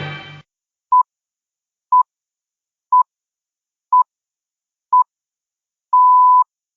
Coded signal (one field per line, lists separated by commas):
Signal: radio time signal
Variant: time pips